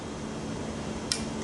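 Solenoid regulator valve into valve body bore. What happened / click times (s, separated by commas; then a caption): The valve clicked and stopped part way in the bore / 1.1 s. A steel solenoid regulator valve is pushed by hand into the worn regulator-valve bore of an aluminium 4R70W/4R75W/4R75E transmission valve body. Over a steady low background hum, a single sharp, bright click sounds at 1.1 s as the valve stops partway in at a wear ridge in the bore, followed by a fainter tick near the end.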